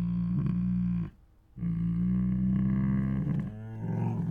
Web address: Sound Ideas Tigers Sound Effects Two Tigers Make Many Moans, Roars and Snores